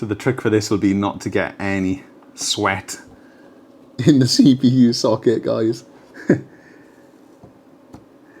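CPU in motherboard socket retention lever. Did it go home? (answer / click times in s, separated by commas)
yes / 7.9 s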